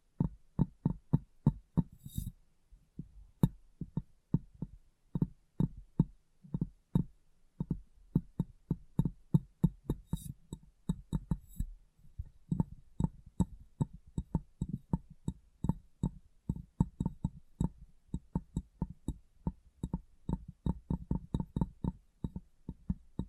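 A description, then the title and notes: Rapid, irregular tapping on a glass brain, sharp clicks in quick bursts with brief pauses, plus occasional soft swishes near the start. ASMR Glass Brain Tapping & Cleaning (No Talking).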